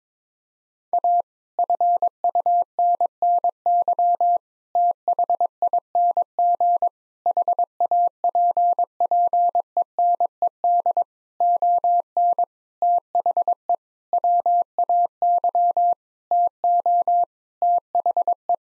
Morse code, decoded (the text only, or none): A FUNNY THING HAPPENED ON THE WAY TO THE